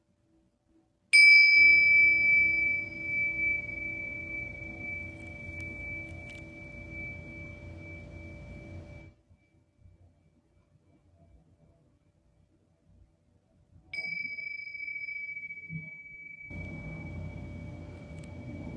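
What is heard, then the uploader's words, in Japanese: A singing bowl is struck at about one second, giving a bright, steady ringing tone over a low, rumbling hum that lasts until about nine seconds. After a few seconds of near silence it is struck again at fourteen seconds, and the ringing and hum return until the end. メキシコから シンギングボウルのサウンドヒーリング ライブ。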